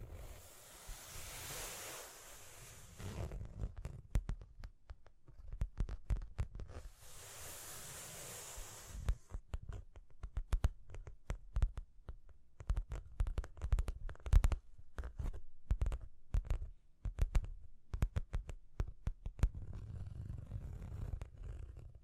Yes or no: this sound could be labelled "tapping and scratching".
yes